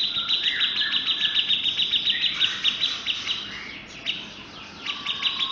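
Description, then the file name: Grey-cheeked bulbul song: quick, high chattering notes over lower slurred whistles, fading briefly before a fresh burst of chatter. "cucak jenggot om firly"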